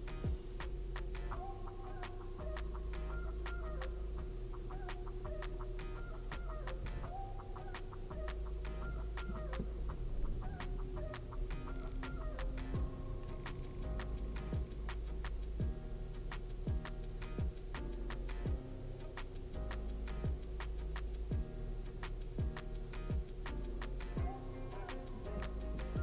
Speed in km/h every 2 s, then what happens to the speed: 0, 0, 0, 0, 0, 3, 7, 1, 0, 0, 0, 0, 0.
0-9 standing. 9-11 pulls away to 7. 14-26 standing.